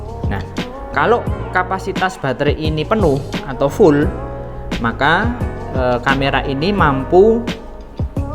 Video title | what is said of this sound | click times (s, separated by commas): Langkah menggunakan kamera video SONY HXR MC 2500 | kebawah Sampai bunyi klik begitu nah | 0.3 s